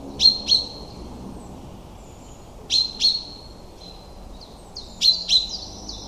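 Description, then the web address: Common chaffinch giving paired bright metallic 'pink' notes, three pairs at roughly two-and-a-half-second intervals; faint whistles of other birds behind. "cianscape birddata Deverinetal 2025 File origin Bird Only Fr Co"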